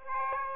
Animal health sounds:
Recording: mosquito wingbeat signal from an infrared sensor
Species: Aedes aegypti

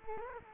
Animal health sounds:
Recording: mosquito wingbeat signal from an infrared sensor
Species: Culex quinquefasciatus

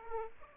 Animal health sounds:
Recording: mosquito wingbeat signal from an infrared sensor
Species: Aedes aegypti

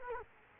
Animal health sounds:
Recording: mosquito wingbeat signal from an infrared sensor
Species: Culex quinquefasciatus

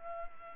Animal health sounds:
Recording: mosquito wingbeat signal from an infrared sensor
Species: Culex pipiens

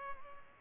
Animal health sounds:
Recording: mosquito wingbeat signal from an infrared sensor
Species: Culex pipiens

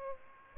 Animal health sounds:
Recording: mosquito wingbeat signal from an infrared sensor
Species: Aedes aegypti

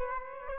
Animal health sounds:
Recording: mosquito wingbeat signal from an infrared sensor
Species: Aedes aegypti

